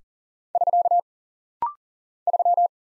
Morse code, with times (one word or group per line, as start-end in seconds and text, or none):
0.6-1.0 <SK>
2.3-2.7 3